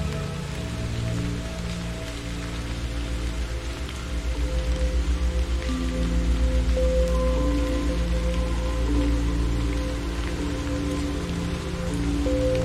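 Steady rain hisses over soft, sustained low music tones that shift slowly, with a deep pulsing hum swelling slightly in the middle.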